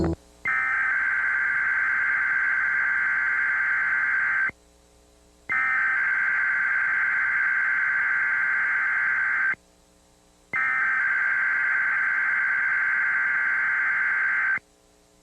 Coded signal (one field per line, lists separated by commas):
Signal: Emergency Alert System (SAME) tones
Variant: header bursts